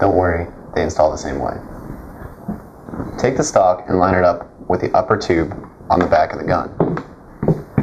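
Someone talks while an aftermarket adjustable stock is lined up with the upper rear tube on the back of a paintball marker and handled into position. A few short handling knocks sound near the end, around 7.0 and 7.4–7.8 seconds. Nothing has seated or clicked yet.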